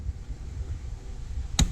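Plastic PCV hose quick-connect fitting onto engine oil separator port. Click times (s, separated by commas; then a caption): 1.6 s. A longer plastic PCV hose on an S550 GT350 is bent slightly, with its bend pointing toward the intake. Its quick-connect fitting is pushed onto the Ford Performance oil separator port. Over low rumbling background noise, a sharp, loud, short click is heard at 1.6 s as the retaining clip locks and the fitting seats.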